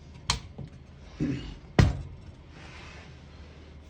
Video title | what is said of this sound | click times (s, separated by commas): How to use all functions on a 1973 Smith-Corona Galaxie 12 vintage portable typewriter | and it snaps down | 0.3 s